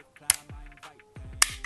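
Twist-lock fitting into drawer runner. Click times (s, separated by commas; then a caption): 0.3 s, 1.4 s. A round-pinned twist-lock fitting for a concealed Blum Movento Tip-On Blumotion drawer runner on a tray drawer is inserted into its two cut-outs and rotated. Two sharp, very short, loud clicks are heard at 0.3 s and 1.4 s, along with quieter handling sounds. The fitting clicks into place and is seated.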